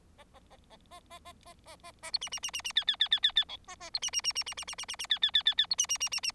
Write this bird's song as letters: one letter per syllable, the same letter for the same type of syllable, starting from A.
A A A B A A A A A A A C D D D D D E E E E E E B A A C D D D D D D D D D D E E E E E C D D D D D